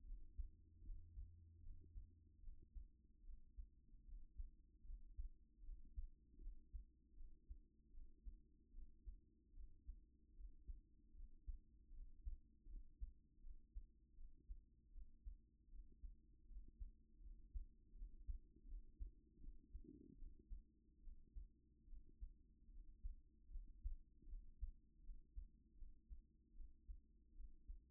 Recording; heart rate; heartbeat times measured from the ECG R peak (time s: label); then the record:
heart sounds by stethoscope; 76 bpm
0.03 s: heartbeat
0.82 s: heartbeat
1.60 s: heartbeat
2.40 s: heartbeat
3.23 s: heartbeat
4.04 s: heartbeat
4.83 s: heartbeat
5.62 s: heartbeat
6.38 s: heartbeat
7.14 s: heartbeat
7.91 s: heartbeat
8.72 s: heartbeat
9.53 s: heartbeat
10.34 s: heartbeat
11.13 s: heartbeat
11.91 s: heartbeat
12.67 s: heartbeat
13.40 s: heartbeat
14.14 s: heartbeat
14.91 s: heartbeat
15.68 s: heartbeat
16.46 s: heartbeat
17.20 s: heartbeat
17.93 s: heartbeat
18.65 s: heartbeat
19.38 s: heartbeat
20.16 s: heartbeat
21.01 s: heartbeat
21.86 s: heartbeat
22.69 s: heartbeat
23.50 s: heartbeat
24.26 s: heartbeat
25.01 s: heartbeat
25.75 s: heartbeat
26.54 s: heartbeat
27.33 s: heartbeat
From the record:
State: at rest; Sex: female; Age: 28 years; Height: 167 cm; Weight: 60 kg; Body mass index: 21.51